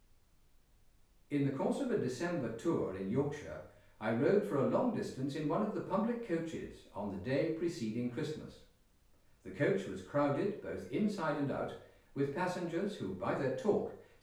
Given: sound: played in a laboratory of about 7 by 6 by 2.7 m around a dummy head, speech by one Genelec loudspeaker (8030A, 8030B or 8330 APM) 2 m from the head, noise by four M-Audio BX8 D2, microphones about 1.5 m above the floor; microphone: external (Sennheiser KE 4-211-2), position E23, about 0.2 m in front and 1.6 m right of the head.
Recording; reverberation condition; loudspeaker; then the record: male speech in English; medium; 90 degrees to the left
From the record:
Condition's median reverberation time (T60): about 510 ms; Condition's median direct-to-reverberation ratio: about -0.5 dB